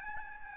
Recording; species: mosquito wingbeat signal from an infrared sensor; Aedes albopictus